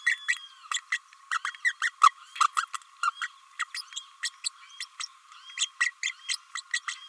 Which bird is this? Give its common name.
Green-rumped Parrotlet